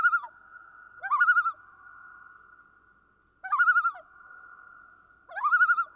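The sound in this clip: Common loon tremolo: a clipped phrase at the start, then three wavering, laugh-like bursts with rising onsets, separated by uneven pauses over a sustained faint tone.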